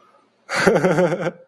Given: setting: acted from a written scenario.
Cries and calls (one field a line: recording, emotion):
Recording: vocal sound without words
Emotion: amusement